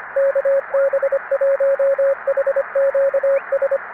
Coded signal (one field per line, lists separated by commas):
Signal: Morse code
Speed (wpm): 25 wpm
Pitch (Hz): 550 Hz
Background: radio noise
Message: KB1HQS